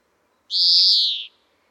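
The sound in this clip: European greenfinch giving a single drawn-out, buzzy wheezing note lasting under a second, fairly steady in pitch.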